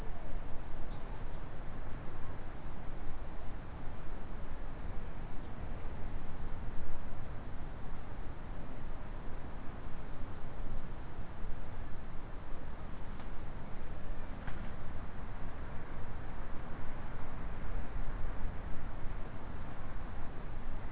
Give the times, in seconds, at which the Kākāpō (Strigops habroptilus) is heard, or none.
none